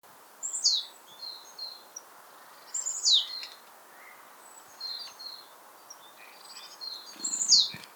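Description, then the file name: Marsh tit calling with three sharp, high descending notes, the first two followed by softer short chips, over steady background hiss. "Poecile palustris"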